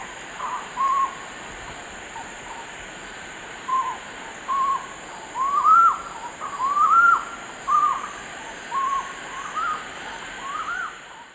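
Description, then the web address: Collared puffbird duet: short, slurred, mellow notes, some rising then falling, given in loose irregular bursts about once a second, over a steady high hiss. Duet; eastern lowlands of South America. "Natures Songs S America Eastern Lowlands. Bucco capensis, duet"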